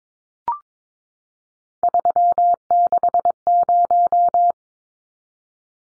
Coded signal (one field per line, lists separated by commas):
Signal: Morse code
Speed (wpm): 22 wpm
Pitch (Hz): 700 Hz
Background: none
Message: 360